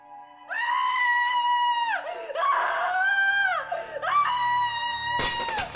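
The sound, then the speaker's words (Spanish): A loud, high-pitched anguished scream, drawn out in three long wailing cries that sag in pitch at each end, followed by a short noisy burst. “Entonces dio un grito de alarma y de angustia.”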